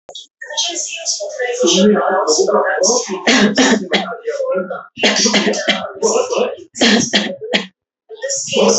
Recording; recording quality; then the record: shallow voluntary cough; excellent, no background noise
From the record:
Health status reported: healthy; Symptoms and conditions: diabetes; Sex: female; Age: 40 years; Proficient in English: yes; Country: India